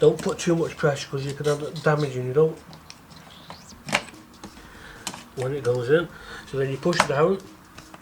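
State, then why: Not seated. A RAM stick is handled over a motherboard memory slot while someone talks, with a few short, sharp knocks between the words. The stick has not yet been pushed down, and nothing has seated or clicked yet.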